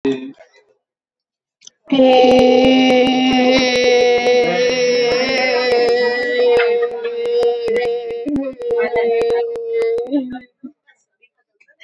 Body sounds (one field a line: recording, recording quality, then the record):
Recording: sustained vowel as in made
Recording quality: moderate, slight background noise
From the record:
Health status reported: healthy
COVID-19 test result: not tested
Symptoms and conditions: none ticked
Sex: female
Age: 28 years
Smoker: not ticked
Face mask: not worn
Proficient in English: yes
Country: India